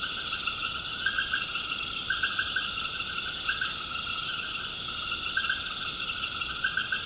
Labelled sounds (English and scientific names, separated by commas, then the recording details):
none
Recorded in pastures near Puerto Asís, Putumayo, Colombia, on 12 March 2025 at 19:30
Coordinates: 0.472, -76.329
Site G074